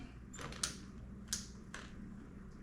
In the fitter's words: it's locked in every all the food is out of the way I turn it on